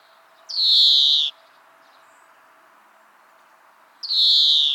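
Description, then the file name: European greenfinch repeating a long, buzzy, slightly descending wheeze twice, about three and a half seconds apart. "Chloris chloris"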